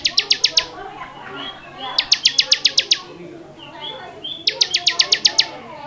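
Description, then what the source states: Bar-winged prinia singing rapid bursts of about six to eight dry, high repeated notes, each burst a couple of seconds apart, over soft chattering. Long-duration song used to train cage birds.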